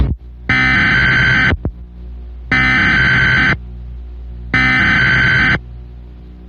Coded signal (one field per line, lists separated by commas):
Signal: Emergency Alert System (SAME) tones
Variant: header bursts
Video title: Random EAS Scenario stuff (Abandoned)